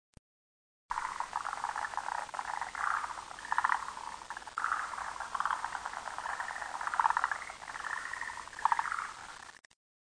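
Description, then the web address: Frog calling in rapid pulsed, rattling trills that swell and fade repeatedly over several seconds, with no other clear sounds. "frog zukan"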